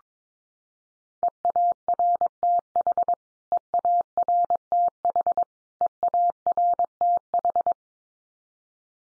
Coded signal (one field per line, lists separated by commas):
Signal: Morse code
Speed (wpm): 22 wpm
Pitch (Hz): 700 Hz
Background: none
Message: EARTH EARTH EARTH